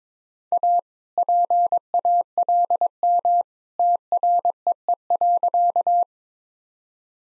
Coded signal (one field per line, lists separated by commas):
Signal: Morse code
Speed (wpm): 22 wpm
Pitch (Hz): 700 Hz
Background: none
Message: A PALM TREE.